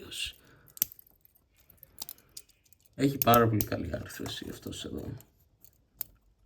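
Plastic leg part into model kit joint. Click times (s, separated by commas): 0.8 s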